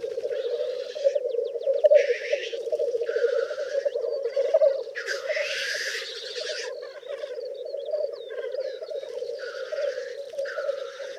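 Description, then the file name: Black grouse: rhythmic low bubbling cooing continues throughout, overlaid by repeated breathy hissing bursts and a few short clicking notes. "Black Grouse (Tetrao tetrix)"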